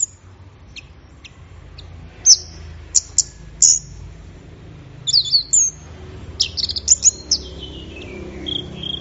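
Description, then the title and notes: Orange-headed thrush song: scattered high clicks and sharp notes, then a lively burst of varied whistles and chirps with slurred descending phrases. Gacor (in full song) birds, recording used for training songbirds. "Anis Merah Gacor Teler. Kumpulan Suara Burung Anis"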